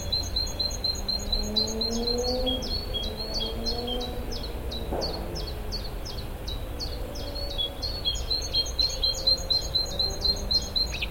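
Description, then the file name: Great tit with a long series of bright, repeated two-syllable notes at a steady pace, over constant low rumbling noise and a brief thump near the middle. "Parus major"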